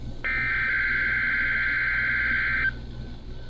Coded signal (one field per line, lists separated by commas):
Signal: Emergency Alert System (SAME) tones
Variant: header bursts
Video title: NOAA EAS RWT #2